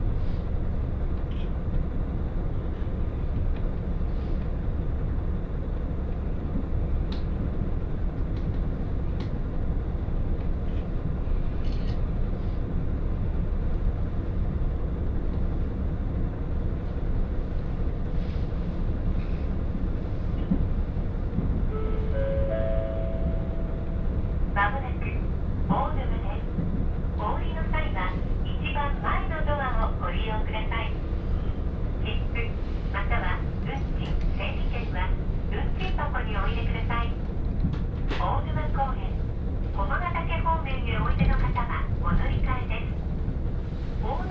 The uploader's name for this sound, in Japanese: 鉄道旅 函館本線 函館→池田園（藤城支線経由）